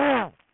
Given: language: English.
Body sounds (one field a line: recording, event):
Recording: throat vibration sensor signal played as sound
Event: throat clearing